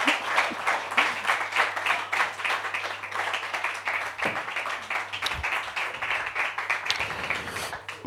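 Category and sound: crowd, audience applause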